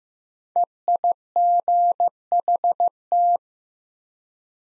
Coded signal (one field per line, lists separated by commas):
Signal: Morse code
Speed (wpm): 15 wpm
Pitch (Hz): 700 Hz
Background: none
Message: EIGHT